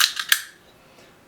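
A 9mm magazine adapter block is pushed down from the top into the magazine well of an AR-15 lower receiver, its two little feet catching the top edge. Sharp metallic snaps ring out at 0.0 s and 0.3 s, with a softer tick at about 0.2 s between them, and then quiet. The adapter is seated and snapped in place.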